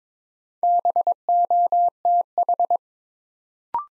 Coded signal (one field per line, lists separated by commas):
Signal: Morse code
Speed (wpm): 22 wpm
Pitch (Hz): 700 Hz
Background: none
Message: BOTH